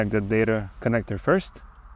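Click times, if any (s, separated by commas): none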